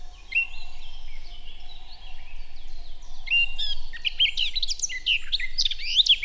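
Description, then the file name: Eurasian blackcap warbling, with quick varied notes growing louder and denser toward the end, over a low steady hum. "Sylvia atricapilla"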